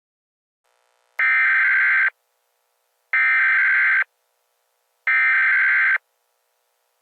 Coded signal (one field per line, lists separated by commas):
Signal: Emergency Alert System (SAME) tones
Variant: header bursts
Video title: EAS scenario: San Andrea Fault line Crisis